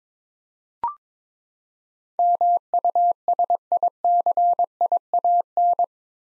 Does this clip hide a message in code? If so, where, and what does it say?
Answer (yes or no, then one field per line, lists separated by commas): yes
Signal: Morse code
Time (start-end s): 2.2-5.8 s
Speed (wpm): 22 wpm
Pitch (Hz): 700 Hz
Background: none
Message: MUSICIAN